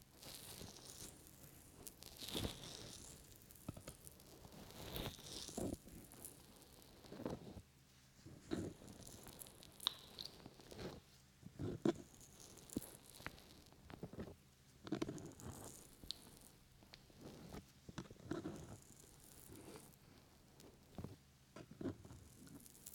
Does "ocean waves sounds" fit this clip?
no